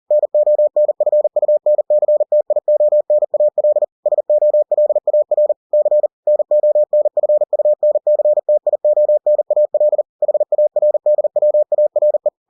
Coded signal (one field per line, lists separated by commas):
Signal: Morse code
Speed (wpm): 40 wpm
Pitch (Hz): 600 Hz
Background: none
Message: NONFUNCTIONAL SOLAR C NONFUNCTIONAL HARDWARE